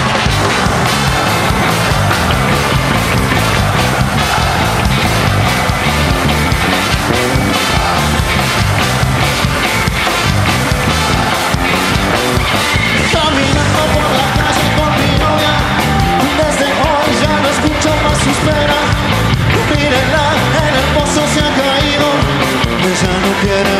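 A live rock band plays loudly at a concert in River stadium in December 2008, during a tour of Latin America: dense, driving guitars and pounding drums fill the mix at a steady, unbroken volume throughout, with no pauses.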